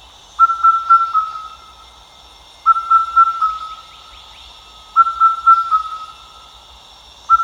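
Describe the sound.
Indian cuckoo repeating a mellow four-note whistle, the last note slightly lower, a little over every two seconds, with a continuous high-pitched hum behind.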